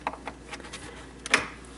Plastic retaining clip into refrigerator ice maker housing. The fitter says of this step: there. You heard it snap in.